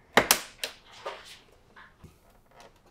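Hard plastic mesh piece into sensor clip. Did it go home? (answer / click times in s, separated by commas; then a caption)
no / none. A wedge tool pushes a hard plastic mesh piece from a SNOO bassinet into the clip behind the sensor, giving sharp plastic knocks at 0.2, 0.3 and 0.6 seconds followed by softer scraping and handling. Nothing has seated or clicked into the clip yet; the piece is still being pushed when the sound ends.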